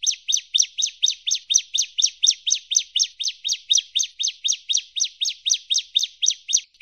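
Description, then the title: Bar-winged prinia song, a fast, steady series of bright, sharp two-part chirps repeated about four times a second without a break. "Kicau Ciblek Kristal"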